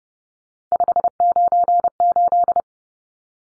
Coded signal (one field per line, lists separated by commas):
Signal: Morse code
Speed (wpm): 30 wpm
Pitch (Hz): 700 Hz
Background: none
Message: 598